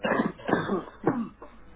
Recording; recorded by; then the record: voluntary cough; telephone call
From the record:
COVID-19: positive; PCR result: checked with the laboratory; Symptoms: yes